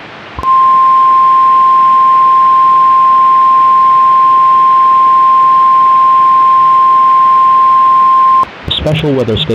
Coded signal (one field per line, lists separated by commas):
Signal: Emergency Alert System (SAME) tones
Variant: 1050 Hz attention tone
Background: speech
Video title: EAS simulacion - La rotacion debería causar un tornado, no?